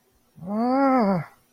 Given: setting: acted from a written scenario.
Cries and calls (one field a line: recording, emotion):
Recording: vocal sound without words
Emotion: fear